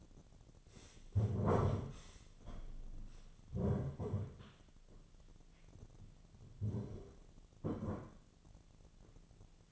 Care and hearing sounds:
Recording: daily activity, microphone in the room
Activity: stand up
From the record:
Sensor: 4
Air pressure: 1009.0 hPa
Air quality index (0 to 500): 170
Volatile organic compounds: 5 ppm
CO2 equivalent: 1708 ppm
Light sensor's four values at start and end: 23/73/28/27 and 23/73/28/27

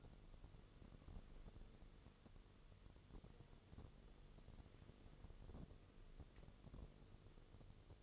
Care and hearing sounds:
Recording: daily activity, microphone in the room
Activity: wipe stove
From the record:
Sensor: 4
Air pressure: 1015.9 hPa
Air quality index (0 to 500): 106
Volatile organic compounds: 2 ppm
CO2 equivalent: 1192 ppm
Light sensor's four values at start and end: 8/19/7/7 and 9/19/7/7

